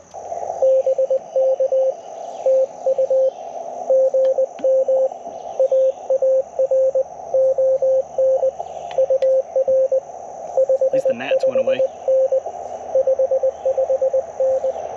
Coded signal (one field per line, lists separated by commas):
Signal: Morse code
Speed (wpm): 20 wpm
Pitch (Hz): 530 Hz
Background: radio noise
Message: BK TU GM AARON UR 55N 55N